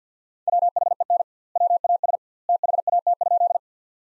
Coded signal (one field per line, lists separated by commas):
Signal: Morse code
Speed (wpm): 50 wpm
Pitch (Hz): 700 Hz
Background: none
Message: WHEN WAS THAT?